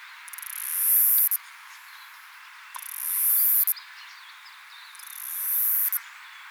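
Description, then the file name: Cicada giving three high buzzing phrases that grow steadily louder and then break off, spaced roughly two seconds apart over a soft hiss. Recorded at Yarraman. "Myopsalta umbra Yarraman"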